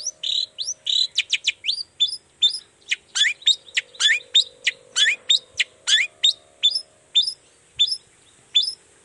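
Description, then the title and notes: Long-tailed shrike song, a fast run of sharp chirps repeated almost continuously, loud and high, with a faint steady hum below. Long-tailed shrike in full song (gacor) in the morning, singing the 'toet toet' variation; said to prompt other shrikes to answer. "Cendet Gacor Dor Di Kala Pagi Toet Toet Variasi Suara. Burung cendet"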